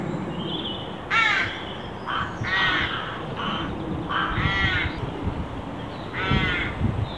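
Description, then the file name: Carrion crow cawing repeatedly, several hoarse, slightly bent caws at irregular intervals over a broad, rumbling background noise. "Corvus corone"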